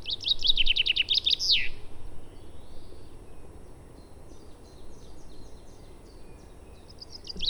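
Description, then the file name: Common chaffinch song: a bright trill of rapid notes ending in a sharp downward flourish, lasting under two seconds, followed by faint high chirps. "Fringilla coelebs"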